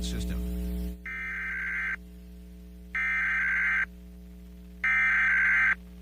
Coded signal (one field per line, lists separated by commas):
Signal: Emergency Alert System (SAME) tones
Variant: header bursts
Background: speech